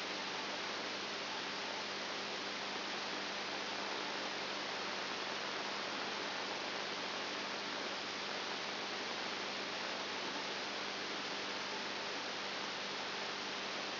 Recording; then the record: brain microelectrode recording played as sound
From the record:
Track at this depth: outside the subthalamic nucleus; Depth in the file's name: 7.3 mm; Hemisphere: right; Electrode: 2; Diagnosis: Parkinson's disease